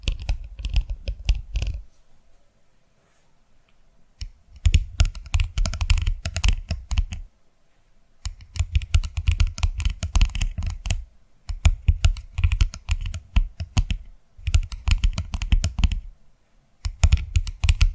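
Dense bursts of quick tapping and clicking, much like fingers rattling on a keyboard, come in runs of a few seconds. Near-silent gaps break them up, around two, seven to eight, eleven and fourteen seconds. Each burst is crisp, with a soft low thump under the clicks.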